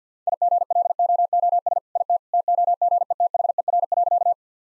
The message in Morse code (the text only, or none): IGLOOS IT TOGETHER.